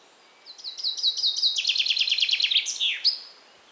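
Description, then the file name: Common chaffinch sings a descending trill, its notes stepping lower in stages, finishing with a short slurred flourish and a final sharp note. "Fringilla coelebs"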